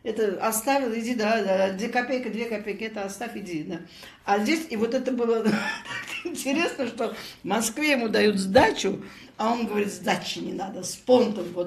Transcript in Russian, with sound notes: Это оставил, иди, копейка, две копейки, это оставь, иди. А здесь, и вот это было [смеётся] интересно, что в Москве ему дают сдачу, а он говорит: «Сдачи не надо», с понтом.